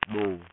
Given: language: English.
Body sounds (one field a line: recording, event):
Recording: throat vibration sensor signal played as sound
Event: speech